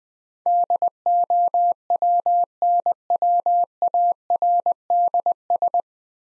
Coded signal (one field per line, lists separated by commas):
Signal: Morse code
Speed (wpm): 20 wpm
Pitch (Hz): 700 Hz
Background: none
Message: DOWNWARDS